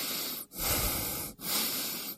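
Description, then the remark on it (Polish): Loud, airy breaths are drawn in and pushed out on spoken instructions to breathe and to stop breathing. Three long hissing strokes come in a steady rhythm, separated by brief pauses, with no talking. “Proszę oddychać.”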